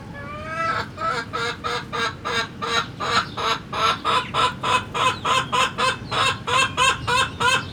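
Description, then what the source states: Chicken clucking loudly, a long harmonic call then a steady series of rhythmic clucks about three per second throughout. Hens and chicks in a henhouse in the Atelier 34zero museum garden, Jette, Brussels, Belgium; recorded with DPA 4060 microphones in AB position to a Zoom F3.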